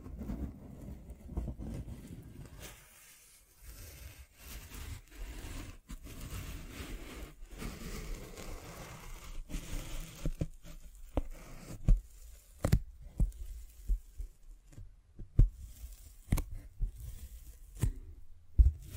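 Soft scratching and tracing sounds give way to sharper, irregular taps that become more frequent after about ten seconds, over a low rumble.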